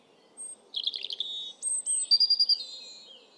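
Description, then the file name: European robin giving a rapid rattled twitter, then high, thin whistled notes and a sparkling trill before trailing off. "Erithacus rubecula"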